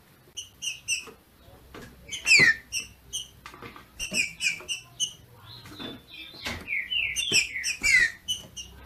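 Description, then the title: Green-winged saltator song of quick whistled phrases and repeated downslurred notes, mixed with frequent clicks and light tapping. Female singing in male style to stimulate the male. "FÊ MEA DE TRINCA FERRO MACHEANDO PARA ESQUENTAR O MACHO"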